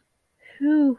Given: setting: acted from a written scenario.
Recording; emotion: vocal sound without words; serenity